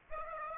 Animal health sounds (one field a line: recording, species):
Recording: mosquito wingbeat signal from an infrared sensor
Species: Aedes aegypti